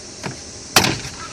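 A plastic interior trim cover clipped over the third brake light housing of a 2015–2020 Cadillac Escalade is grabbed by one end and pulled down. A faint snap at 0.3 s comes before a sharp, loud pop at 0.8 s as the cover unsnaps from its clips and is released.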